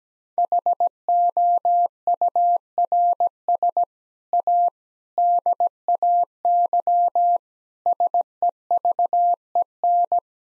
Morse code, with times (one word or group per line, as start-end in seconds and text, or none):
0.4-3.8 HOURS
4.3-4.7 A
5.2-7.4 DAY
7.9-10.2 SEVEN